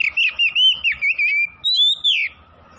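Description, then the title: Oriental magpie-robin song: a quick string of clear warbled whistles ending in a long rising-then-falling note, with a faint hum behind. Singing vigorously (gacor); Tretes. "Kacer Tretes Gacor"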